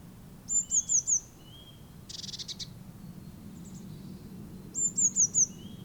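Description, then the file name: Eurasian blue tit calls: a quick high trill of four sharp notes, a lower thin whistle, a short buzzy churr, then the high trill and whistle again. "Cyanistes caeruleus"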